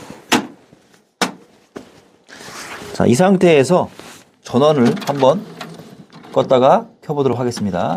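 A plastic top cover is closed onto the body of a Samsung SJ1560 inkjet printer after its head ink cartridge has been lowered into place, with loud slam-like hits at 0.3 s and 1.2 s marking the cover shutting. Fainter knocks follow, and then someone talks.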